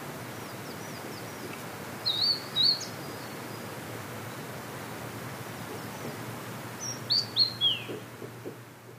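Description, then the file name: Blue-and-white flycatcher song: two clear whistled phrases of slurred, wavering notes a few seconds apart, the second ending in a falling slide, over steady background hiss. "oruri"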